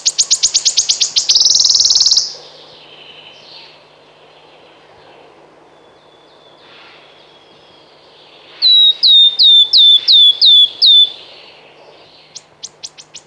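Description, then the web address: Wood warbler song: a shivering, rapid trill at the start, a quiet pause, then a run of several plaintive descending whistles, followed by a few dry ticks. "Przyroda Ptaki Świstunka leśna"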